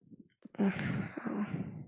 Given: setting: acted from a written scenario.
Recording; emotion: vocal sound without words; guilt